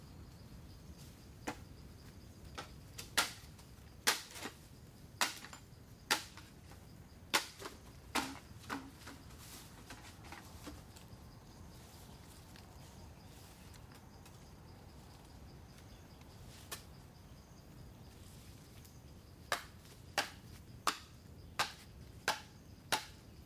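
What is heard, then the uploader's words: Sharp, dry chopping strikes on bamboo land in an uneven series, roughly one or two per second for the first ten seconds, then pause before a final regular burst near the end. A low, steady rumble and a faint high hum continue underneath throughout. The sound of bamboo being split, hacked and shaved in Chiang Mai, Thailand. Recorded by Alex Boyesen. Bamboo being cut, Thailand.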